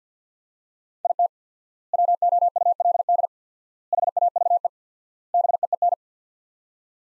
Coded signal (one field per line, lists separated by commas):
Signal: Morse code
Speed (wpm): 50 wpm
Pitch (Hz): 700 Hz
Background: none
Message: IT WOULD HAVE BEEN